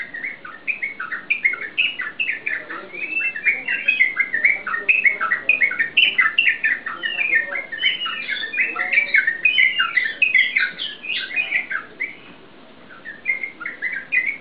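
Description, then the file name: Yellow-vented bulbul chattering song: a dense, continuous stream of short bubbly chirps and slurred whistles, with a brief lull near the end. Song in the style called ropel. "suara burung trucukan suara ropel"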